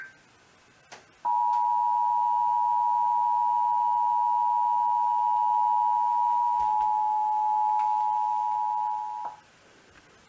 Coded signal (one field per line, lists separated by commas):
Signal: Emergency Alert System (SAME) tones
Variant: 853 and 960 Hz attention tone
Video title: April 2021 Oklahoma Required Monthly Test (EAS#162-168)